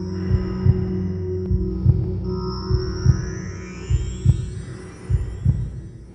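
Slow, regular paired low thumps, about 50 beats a minute, over a steady whooshing hum: a heartbeat as heard from inside the womb.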